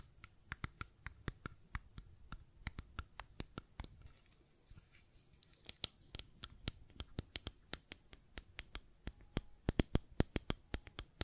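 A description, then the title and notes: Quick, sharp clicks and taps from a small handheld fidget cube, crisp from top to bottom. The clicks come in irregular bursts, thinning out briefly around four to five seconds, then growing denser and louder toward the end over a quiet background. ASMR Fidget Cube Tapping and Clicking Sounds (No Talking).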